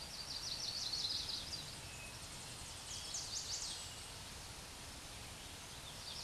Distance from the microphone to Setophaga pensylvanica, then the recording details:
about 40 m. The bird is about 10 m above the microphone. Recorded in a Pennsylvania forest on 16 May 2024 at 07:40. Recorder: AudioMoth, point MSD-2142. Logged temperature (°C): 16.7 °C. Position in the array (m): 20 m, 18 m